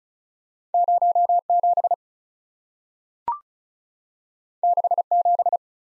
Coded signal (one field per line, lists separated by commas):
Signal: Morse code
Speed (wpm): 36 wpm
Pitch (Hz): 700 Hz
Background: none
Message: 07 67